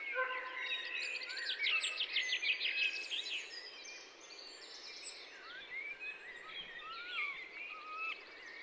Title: 147 Route de la Tuilerie, 01300 Massignieu-de-Rives, France - chien en laisse au loin et oiseaux de printemps.